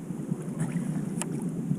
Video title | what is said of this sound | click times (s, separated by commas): Cziko FeatherFree Discovery and Proof of Concept | Now, there is some separation there. You hear that click? | 1.2 s